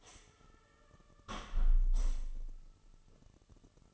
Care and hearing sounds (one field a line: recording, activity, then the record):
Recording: daily activity, microphone in the room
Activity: close window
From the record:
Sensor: 4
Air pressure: 1000.7 hPa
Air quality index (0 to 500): 242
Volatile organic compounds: 40 ppm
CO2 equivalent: 3142 ppm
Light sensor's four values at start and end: 9/20/8/8 and 9/20/8/8